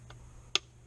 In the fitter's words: there we go got a click and now you close lid and that